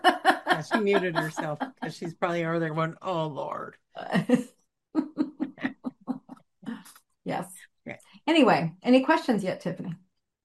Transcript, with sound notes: Yeah. She muted herself, 'cause she's probably over there going, "Oh, Lord."
(laughs) Yes.
Right.
Anyway, any questions yet, Tiffany?